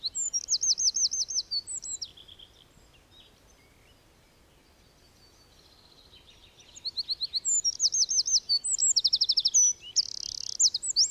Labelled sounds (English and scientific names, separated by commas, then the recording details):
Eurasian Wren (Troglodytes troglodytes) song
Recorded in the wild
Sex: male
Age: adult
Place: Schloß Holte-Stukenbrock, Senne, Nordrhein-Westfalen, DE
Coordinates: 51.8683, 8.6575
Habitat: farm
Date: 1967-05-20
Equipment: Uher 4000 Report-S, Bändchenmikro Beyer M 260, Parabolspiegel Polyester (470 mm)
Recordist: Conrads, Klaus
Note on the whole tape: Hof Brock (Furlbach-Gebiet). Männchen: Gesang